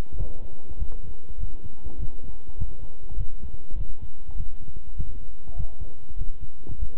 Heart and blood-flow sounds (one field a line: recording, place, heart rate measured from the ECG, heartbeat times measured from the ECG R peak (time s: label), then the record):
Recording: heart sounds by stethoscope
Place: between the tricuspid and mitral areas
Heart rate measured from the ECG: 100 bpm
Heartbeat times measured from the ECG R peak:
0.15 s: heartbeat
0.77 s: heartbeat
1.38 s: heartbeat
1.98 s: heartbeat
2.57 s: heartbeat
3.16 s: heartbeat
3.75 s: heartbeat
4.35 s: heartbeat
4.95 s: heartbeat
5.55 s: heartbeat
6.16 s: heartbeat
6.78 s: heartbeat
From the record:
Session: walking at 3.7 km/h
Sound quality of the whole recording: good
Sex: male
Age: 26 years